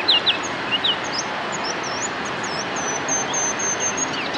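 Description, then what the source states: Ruby-crowned kinglet singing, a few sharp high notes, then a run of thin, rising-and-falling whistles high in pitch, with constant background hiss. Recorded on the morning of 25 April 2008.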